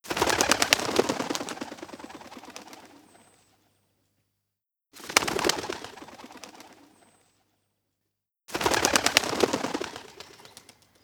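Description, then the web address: Bird wing flaps: three bursts of rapid, clattering beats, each lasting about three seconds and fading out before a pause of silence. Wing flapping sounds. "Sony Creative Software Sony Pictures Sound Effects Series Volumes 1-10 Volume 1 Animals Wing Flaps"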